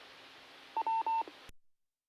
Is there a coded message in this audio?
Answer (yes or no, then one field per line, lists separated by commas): no